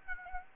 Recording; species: mosquito wingbeat signal from an infrared sensor; Aedes aegypti